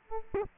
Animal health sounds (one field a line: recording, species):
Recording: mosquito wingbeat signal from an infrared sensor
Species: Aedes aegypti